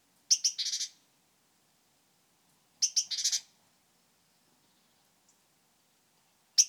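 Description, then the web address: Great tit churring call, a short harsh rattle of several buzzy notes, given three times, the last cut short. "SETE data Parus major"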